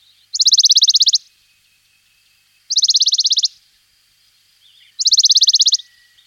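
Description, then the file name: Western Bonelli's warbler singing three quick, dry trills of even high notes, about two and a half seconds apart. "budníček-horský"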